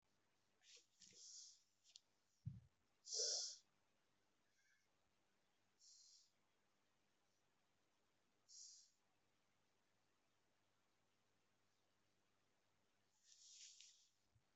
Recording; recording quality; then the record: shallow breathing; excellent, no background noise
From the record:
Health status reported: exposed to COVID-19, no respiratory illness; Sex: female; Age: 27 years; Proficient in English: yes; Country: India